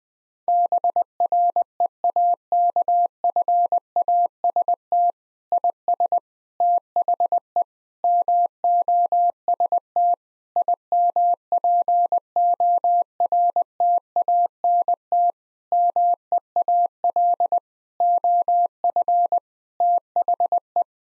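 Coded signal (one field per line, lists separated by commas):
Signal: Morse code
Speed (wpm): 20 wpm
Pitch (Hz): 700 Hz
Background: none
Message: BREAKFAST IS THE MOST IMPORTANT MEAL OF THE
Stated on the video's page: Morse code practice at 20 wpm: sentences built from common nine-word phrases, each sent, then sent again for head-copy training.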